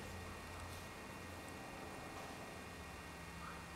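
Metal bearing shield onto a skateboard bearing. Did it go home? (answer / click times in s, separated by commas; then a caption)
no / none. A metal shield is slid back onto the top of a skateboard bearing and lined up before the C-ring is inserted and locked. Only a low, steady background hum is heard, with a brief sharp rise at the very end around 3.8 s. Nothing has seated or clicked yet.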